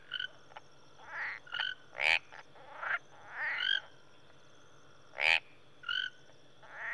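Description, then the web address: Marsh and tree frogs calling, scattered bursts of two-toned whistled notes and rasping croaks, with a few sharp clicks over a steady low hum. Mixed chorus of marsh frogs and tree frogs, recorded in Rwanda, Africa. "BBC Sound Effects Library BBC 30-Africa - Natural World 08 Rwanda, Marsh And Tree Frogs"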